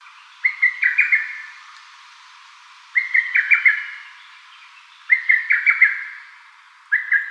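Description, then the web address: Lesser cuckoo song: an emphatic, stuttering phrase of five or six quick whistled notes, given four times about every two seconds. Recorded on 20 May 2018. "birdenaga hototogisu 180520"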